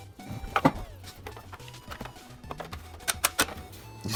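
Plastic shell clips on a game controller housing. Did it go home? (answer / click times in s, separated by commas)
released / 0.6 s, 3.2 s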